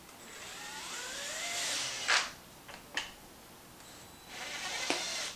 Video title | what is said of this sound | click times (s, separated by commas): How To Change TRAXXAS MAXX Rear Knuckles Bearing Carriers | did you hear that little pop | 3.0 s